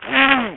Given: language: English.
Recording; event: throat vibration sensor signal played as sound; throat clearing